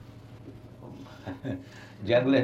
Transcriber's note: laughs